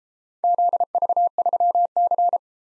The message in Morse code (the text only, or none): ZV3C